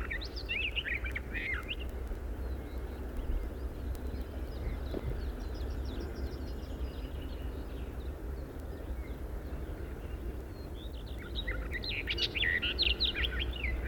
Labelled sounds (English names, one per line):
Barred Warbler